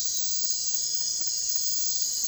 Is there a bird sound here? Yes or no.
no